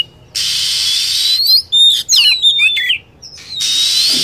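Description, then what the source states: Lovebird chirping calls: shrill, sharply sweeping high notes clustered in the middle, set between stretches of steady loud hiss. Lure recording meant to attract lovebirds.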